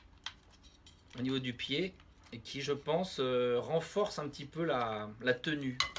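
A small plastic armor piece is clipped onto the foot of a Fallout 4 T-60 "Atom Cat" collectible action figure by threezero. A sharp snap at 0.3 s marks it seating in place, and then someone talks.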